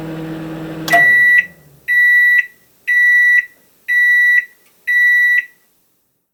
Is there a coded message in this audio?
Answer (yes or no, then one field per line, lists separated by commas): no